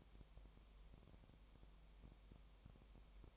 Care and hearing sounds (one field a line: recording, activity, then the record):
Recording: daily activity, microphone in the room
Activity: no activity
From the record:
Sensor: 1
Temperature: 19.4 degrees Celsius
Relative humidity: 35.7%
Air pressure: 1003.3 hPa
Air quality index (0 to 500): 113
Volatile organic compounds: 2 ppm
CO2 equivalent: 1260 ppm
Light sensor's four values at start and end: 1/2/1/1 and 1/2/1/1